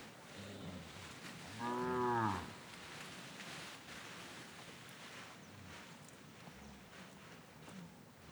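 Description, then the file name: Cattle giving one loud moo early on, with faint rustling and steady background noise. Cattle grazing on grass, mooing. "Gado pastando grama mugidos"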